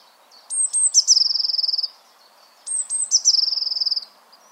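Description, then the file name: Eurasian blue tit singing twice: two or three very high thin notes, then a rapid even trill lasting under a second. "Cyanistes caeruleus"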